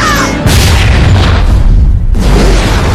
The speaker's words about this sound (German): Die Explosion setzt auch den Regenschirm in Brand.